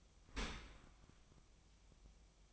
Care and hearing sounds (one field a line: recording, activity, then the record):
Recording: daily activity, microphone in the room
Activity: open dishwasher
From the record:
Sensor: 1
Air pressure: 1004.7 hPa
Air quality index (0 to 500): 120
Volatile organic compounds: 4 ppm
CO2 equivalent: 1661 ppm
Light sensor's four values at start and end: 9/21/8/9 and 9/21/8/9